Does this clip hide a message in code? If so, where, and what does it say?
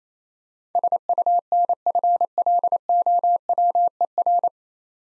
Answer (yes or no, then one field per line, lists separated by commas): yes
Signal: Morse code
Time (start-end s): 0.8-4.5 s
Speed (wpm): 27 wpm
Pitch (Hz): 700 Hz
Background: none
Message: SUNFLOWER